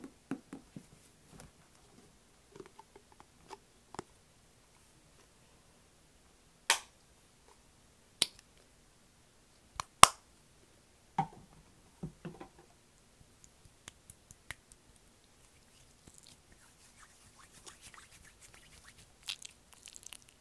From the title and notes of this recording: 𝙰𝚂𝙼𝚁 || 𝚜𝚕𝚘𝚠 𝚊𝚗𝚍 𝚐𝚎𝚗𝚝𝚕𝚎 𝚝𝚛𝚒𝚐𝚐𝚎𝚛𝚜.